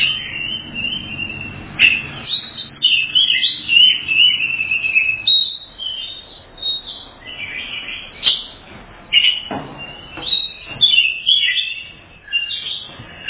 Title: suara kacer